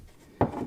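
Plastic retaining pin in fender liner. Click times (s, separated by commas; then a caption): 0.4 s. A flathead screwdriver turns a plastic push-pin retaining clip in a fender liner until it unlocks. A sharp click is heard at 0.4 seconds, followed by a brief scraping rattle. The pin is released and ready to be pried out.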